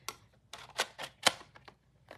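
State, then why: Seated. A metal cutting die is pressed into the matching slot of a plastic embossing folder, with a few light taps and rustles before and after. It snaps into place with a sharp click at 1.3 s and stays seated.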